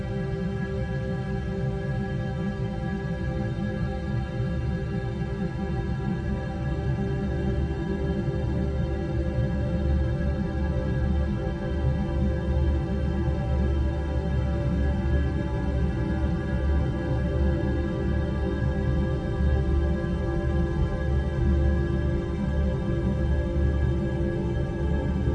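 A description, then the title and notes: A deep, steady rumble fills the low end throughout, dense and unchanging like a massive machine running. Above it, sustained tones hold in soft, layered harmonies, with a faint airy hiss on top. Nothing stands out as a separate event. Antimatter Forge - Soothing White Noise Machine. Peaceful harmonies over the low rumble of the Antimatter forge of Star Base IV.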